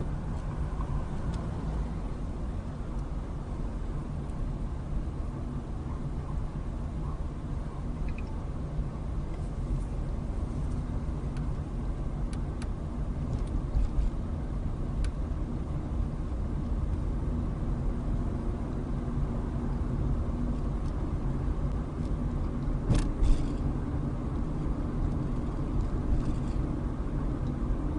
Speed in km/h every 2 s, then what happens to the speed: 19, 19, 19, 19, 19, 21, 23, 23, 26, 29, 29, 31, 31, 31.
0-8 steady at about 19. 8-18 speeds up to 29. 18-28 steady at about 31.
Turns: none.